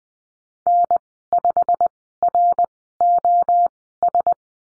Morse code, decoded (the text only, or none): N5ROS